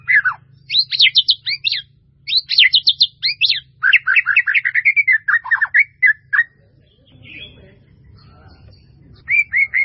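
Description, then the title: White-rumped Shama pouring out a long fast series of sharp sweeping whistles and warbles, then a pause before one final phrase, over a low background hum. "murai batu"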